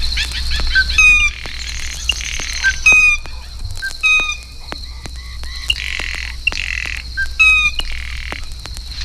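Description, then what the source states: Blue Jay calls: clear whistled notes and quick rattling bursts. Scattered sharp clicks run between them, in a lively, irregular conversational stream. Blue Jay notes vary from raucous screams to soft conversational chatter.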